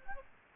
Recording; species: mosquito wingbeat signal from an infrared sensor; Aedes albopictus